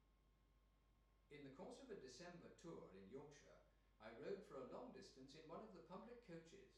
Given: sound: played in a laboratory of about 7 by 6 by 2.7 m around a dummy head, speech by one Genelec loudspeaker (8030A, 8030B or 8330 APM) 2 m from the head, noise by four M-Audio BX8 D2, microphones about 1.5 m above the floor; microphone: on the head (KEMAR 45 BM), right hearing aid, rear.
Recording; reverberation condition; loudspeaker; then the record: male speech in English; medium; 120 degrees to the left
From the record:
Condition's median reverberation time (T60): about 510 ms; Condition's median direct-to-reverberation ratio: about -0.5 dB